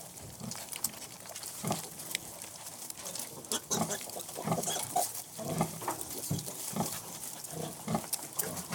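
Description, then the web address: Piglets suckling, with soft grunts, squeaks and wet smacking sounds in a steady busy stream throughout. Piglets suckling; livestock. "The BBC Sound Effects Library - Complete 60 CDs Collection Sound Effects Library-34 (Livestock # 1 ) 13 Piglets Sucking"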